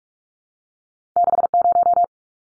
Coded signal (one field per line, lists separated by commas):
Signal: Morse code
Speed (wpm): 44 wpm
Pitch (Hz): 700 Hz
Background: none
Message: 60